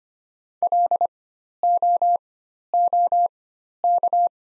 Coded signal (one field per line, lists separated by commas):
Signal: Morse code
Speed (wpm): 25 wpm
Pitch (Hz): 700 Hz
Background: none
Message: LOOK